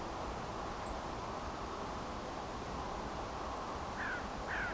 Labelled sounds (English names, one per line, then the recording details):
Song Thrush
Carrion Crow
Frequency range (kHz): Song Thrush 7.3-9.3 kHz; Carrion Crow 1.2-2.3 kHz
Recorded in France